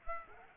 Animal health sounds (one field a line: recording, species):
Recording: mosquito wingbeat signal from an infrared sensor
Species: Culex pipiens